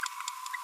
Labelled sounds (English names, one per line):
Green-rumped Parrotlet babbling